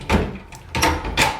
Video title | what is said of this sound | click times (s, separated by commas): etrailer - Complete Breakdown of the Curt A16 5th Wheel Trailer Hitch w/ S20 Slider | this will come all the way back up and again when you hit the lock position that handle comes up locks into place | 0.8 s